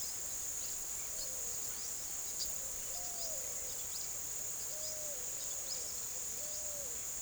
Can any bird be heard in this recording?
no